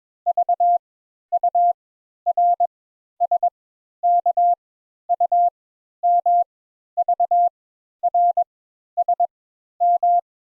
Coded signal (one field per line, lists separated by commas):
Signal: Morse code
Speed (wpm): 22 wpm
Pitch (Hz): 700 Hz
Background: none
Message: V U R S K U M V R S M